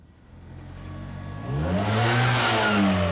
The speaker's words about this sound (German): Der soll sich auf sein Motorrad setzen und losfahren.